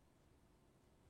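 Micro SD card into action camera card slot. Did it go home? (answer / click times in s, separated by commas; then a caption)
no / none. A micro SD card is handled at the card slot of a CAMSPORTS EVO PRO 1080 action camera, to be inserted in the direction shown by a small diagram. Only a steady, low background hiss is heard for 1.1 seconds, with no distinct sounds. Nothing has seated or clicked yet.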